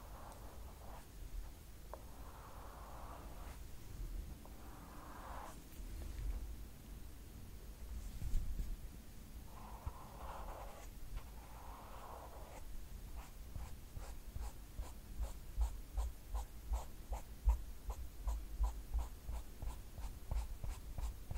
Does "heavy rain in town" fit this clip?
no